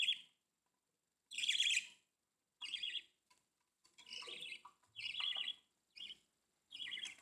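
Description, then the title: Budgerigar calls: scratchy chirps in short bursts with brief gaps between them. "Budgie Sounds"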